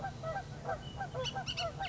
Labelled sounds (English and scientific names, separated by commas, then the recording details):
Bullock's Oriole (Icterus bullockii)
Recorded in Sonoma County, California